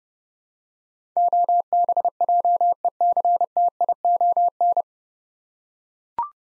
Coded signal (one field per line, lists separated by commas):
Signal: Morse code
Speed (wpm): 30 wpm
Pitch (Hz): 700 Hz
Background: none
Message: OBJECTION